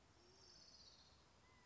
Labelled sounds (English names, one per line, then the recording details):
California Quail
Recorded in Sonoma County, California